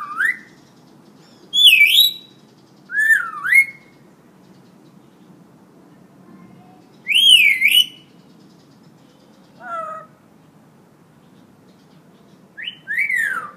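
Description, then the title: Hill myna giving several loud dipping and rising whistles separated by pauses, with one lower, quieter descending note. Tutor recording for training birds; the myna is described as gacor, singing vigorously and often. "Suara Burung Beo Gacor Cocok Untuk Masteran"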